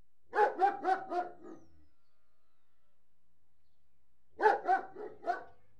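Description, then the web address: German Shepherd letting out two volleys of four to five deep, resonant barks, the first trailing into a low grunt, separated by quiet. Large dog barking indoors. "BBC Sound Effects Library. Large Alsatian - Barking"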